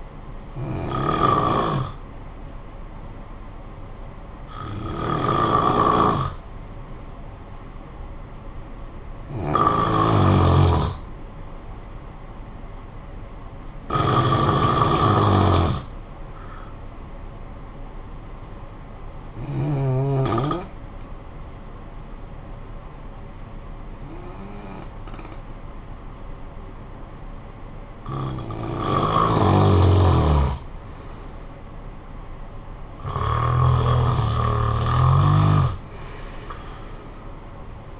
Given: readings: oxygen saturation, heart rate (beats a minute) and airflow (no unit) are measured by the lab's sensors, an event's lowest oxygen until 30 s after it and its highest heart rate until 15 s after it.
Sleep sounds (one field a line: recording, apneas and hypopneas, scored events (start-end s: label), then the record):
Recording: breathing in sleep by a smartphone at the bedside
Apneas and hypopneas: 1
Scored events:
19.00-33.20 s: hypopnea (N1, oxygen 95% highest, then 91% lowest, heart rate 56 at the start, 62 highest)
From the record:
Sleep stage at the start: N1 (lightest sleep)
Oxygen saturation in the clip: 90 to 95%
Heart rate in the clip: 49 to 62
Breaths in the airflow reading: 8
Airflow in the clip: -19.5 to 7.8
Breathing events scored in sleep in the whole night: 445 in 7.6 hours asleep